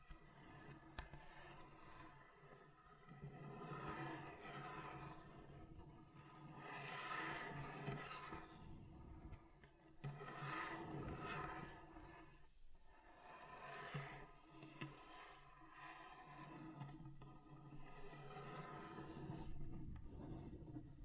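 Rough scratching drags across a table in long, uneven strokes, grinding with a low rumble and swelling louder around seven, ten and fifteen seconds.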